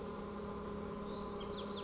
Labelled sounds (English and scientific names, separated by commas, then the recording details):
Brown Creeper (Certhia americana)
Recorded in Sonoma County, California